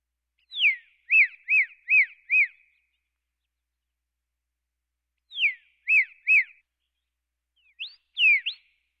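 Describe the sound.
Pyrrhuloxia song: a series of clear, mostly down-slurred whistled notes repeated two to three times per second, given in three short bursts separated by silent gaps.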